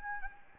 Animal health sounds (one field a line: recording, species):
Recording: mosquito wingbeat signal from an infrared sensor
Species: Anopheles gambiae